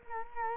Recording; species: mosquito wingbeat signal from an infrared sensor; Culex quinquefasciatus